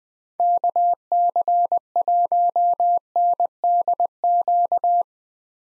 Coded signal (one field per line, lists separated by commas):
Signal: Morse code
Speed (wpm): 20 wpm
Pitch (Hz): 700 Hz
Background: none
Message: KC1NDQ